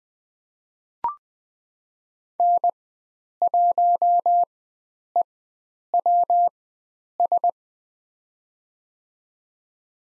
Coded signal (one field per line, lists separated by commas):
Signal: Morse code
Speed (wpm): 20 wpm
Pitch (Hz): 700 Hz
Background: none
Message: N1EWS